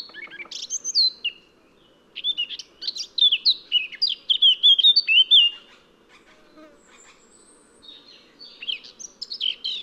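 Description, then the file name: Eurasian blackcap song, a chattering warble rising into a run of loud, clear, falling whistled notes, then a pause and a softer second warble. "Sylvia atricapilla"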